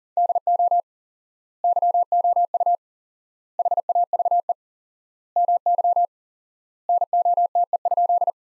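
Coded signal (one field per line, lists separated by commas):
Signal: Morse code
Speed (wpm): 40 wpm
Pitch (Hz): 700 Hz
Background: none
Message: DO YOU HAVE MY NOTE?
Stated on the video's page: Sentence practice from the top 500 words at 40 wpm with 4x standard word spacing, a word-based analogue of Farnsworth.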